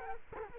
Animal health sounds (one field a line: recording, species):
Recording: mosquito wingbeat signal from an infrared sensor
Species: Culex quinquefasciatus